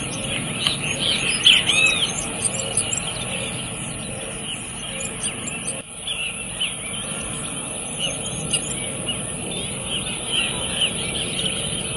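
Cattle tyrant song: bursts of high, thin, squeaky chirps, loudest in the first seconds and then sparser, with constant low rumbling noise underneath.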